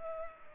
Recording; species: mosquito wingbeat signal from an infrared sensor; Culex pipiens